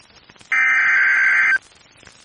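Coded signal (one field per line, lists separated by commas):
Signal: Emergency Alert System (SAME) tones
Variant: header bursts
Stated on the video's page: Received via online NOAA Weather Radio stream.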